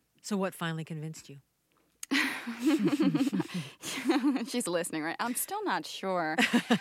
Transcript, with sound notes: So what finally convinced you?
(LAUGHTER)
She's listening, right? I'm still not sure.